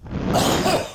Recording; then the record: coughing mixed with background sound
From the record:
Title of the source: Spring Allergy Coughing